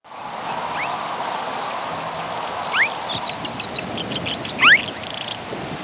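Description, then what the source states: Lark bunting song: a few sharply rising slurred whistles and a brief run of short high chips, set against steady low rushing background noise. Recorded in Texas.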